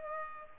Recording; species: mosquito wingbeat signal from an infrared sensor; Culex pipiens